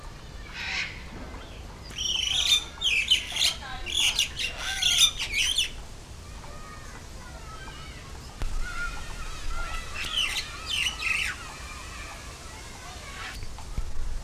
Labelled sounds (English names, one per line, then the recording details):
Crested Myna song
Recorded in captivity
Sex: male
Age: adult
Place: Zoo Berlin, Berlin, DE
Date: 1997-08-28 10:46
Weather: sunny, 22-28°C
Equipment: Sony MD-WM MZ-R3, Sennheiser ME 80, K 30 AV, Kopie Uher 4000 Report Monitor
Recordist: Tembrock, Günter
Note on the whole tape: Einige Strophen (Entfernung ca. 6 m)